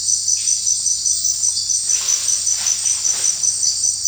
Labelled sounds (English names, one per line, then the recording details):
none
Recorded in dense forest near Puerto Asís, Putumayo, Colombia, on 21 March 2025 at 18:00
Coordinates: 0.484, -76.317
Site G064